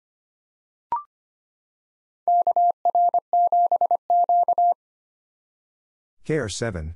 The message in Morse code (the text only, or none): KR7Q